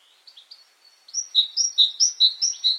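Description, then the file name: Great tit song: a few soft notes, then a bright two-note phrase, high then lower, repeated several times in a quick steady rhythm. "Canto do chapins real"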